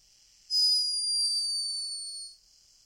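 A hummingbird snoring: a single high-pitched, whistle-like tone lasting about two seconds, steady and pure, fading slightly toward the end.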